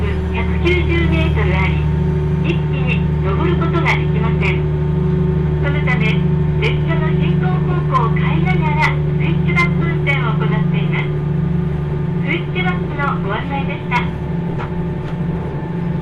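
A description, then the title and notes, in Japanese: Aboard the Kyushu Odan Limited Express No. 3 on the Hohi Line from Tateno to Miyaji, a steady low engine drone and hum run unbroken. A voice speaks over it for most of the first eleven seconds, with brief pauses, then only scattered words follow. 豊肥本線 九州横断特急3号 立野→宮地。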